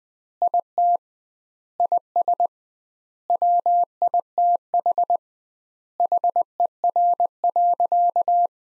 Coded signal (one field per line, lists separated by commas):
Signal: Morse code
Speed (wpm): 20 wpm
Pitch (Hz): 700 Hz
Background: none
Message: IT IS WITH HER.